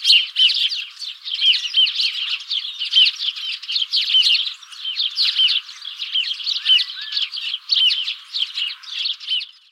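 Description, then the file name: House sparrow chirps, repeated steadily in a lively overlapping chatter, with short bright notes recurring throughout and no other clear sounds. "Passer domesticus"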